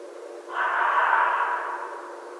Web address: sounds mammals Red Fox 2012 01 14